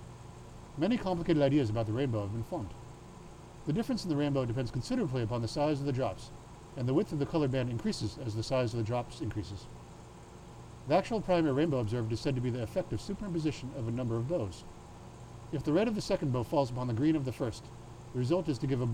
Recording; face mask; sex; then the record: reading aloud; surgical mask; male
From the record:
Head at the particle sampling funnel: tilted up or above it, chin in front of it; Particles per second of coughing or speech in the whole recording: 0.48